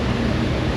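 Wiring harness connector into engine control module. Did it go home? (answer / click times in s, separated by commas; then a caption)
no / none. A plastic wiring harness connector is handled at the engine control module after being pulled out and its pins inspected, because it had to come out to get it to latch. Only a steady broadband rumble and hiss is heard, with no distinct click. The connector has not seated or latched yet.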